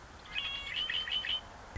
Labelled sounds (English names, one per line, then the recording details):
Red-winged Blackbird
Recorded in Sonoma County, California